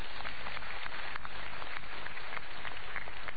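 An audience on the talk show Mario Teguh Golden Ways applauds steadily, a dense, even wash of many hands clapping at once with no voices, holding at a constant level from start to finish.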